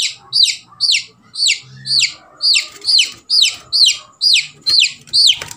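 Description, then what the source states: Chick peeping: loud, clear cheeps, each dropping in pitch, repeated evenly about twice a second, over a faint low hum. Baby chick.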